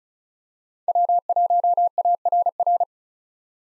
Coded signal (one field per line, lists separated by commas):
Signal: Morse code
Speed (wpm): 36 wpm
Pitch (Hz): 700 Hz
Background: none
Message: W1ARR